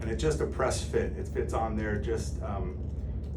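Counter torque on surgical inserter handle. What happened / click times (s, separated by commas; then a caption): The part is being handled and has not yet clicked into place / none. A counter torque is slid over the thumb wheel of a surgical implant inserter handle as a press/slide fit with no fixation, while someone talks over it. Nothing has seated or clicked yet; the clip ends just before it goes home.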